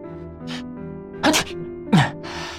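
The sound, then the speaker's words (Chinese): Two sharp sneezes burst out about half a second apart, each a loud breathy blast that drops in pitch, over a soft steady tonal hum. “蓝河又打了个喷嚏。”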